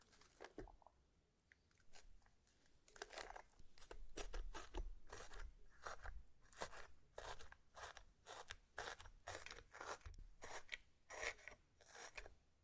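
Slime being squished and pulled, making a run of short, crisp crackles and pops. The bursts come in irregular clusters, sparse at first and then packed closely from about three seconds on, bright and clicky against a low, soft rumble underneath.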